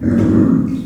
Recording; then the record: squeal of a Yucatan mini pig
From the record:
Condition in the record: after surgery on the right vocal fold (resection and tissue-engineered implant); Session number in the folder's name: 7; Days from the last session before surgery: 47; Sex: female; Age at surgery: 19 weeks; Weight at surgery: 25 kg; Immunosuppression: prednisolone